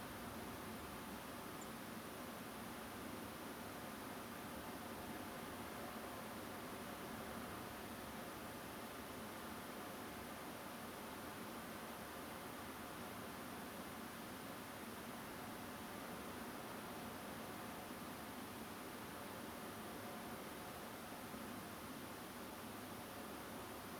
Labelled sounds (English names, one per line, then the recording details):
Song Thrush
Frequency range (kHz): Song Thrush 6.8-9.5 kHz
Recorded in France